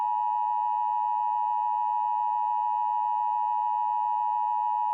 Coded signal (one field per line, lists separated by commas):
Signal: Emergency Alert System (SAME) tones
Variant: 853 and 960 Hz attention tone